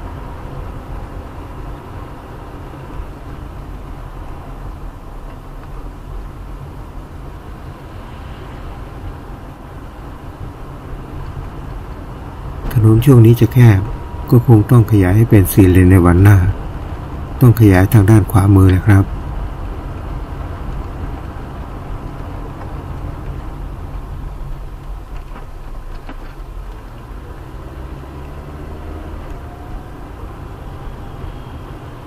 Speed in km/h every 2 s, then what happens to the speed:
27, 27, 24, 22, 25, 26, 29, 31, 32, 31, 31, 29, 16, 13, 20, 23.
0-6 steady at about 24. 6-15 speeds up to 32. 15-20 steady at about 31. 20-25 brakes to 13. 25-32 speeds up to 23.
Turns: none.